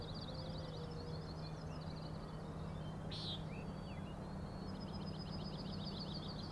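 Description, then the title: Common nighthawk gives one brief buzzy peent midway, amid high trilling in the background and a steady low rumble. Three birds giving peenting calls, wing booms and rattles while flying in close follow-the-leader formation, sometimes very near the recordist; Schoodic Head overlook, Acadia National Park, Winter Harbor, Maine, June 16 2017, 4am. "Common Nighthawks, Schoodic Head 061617 4am"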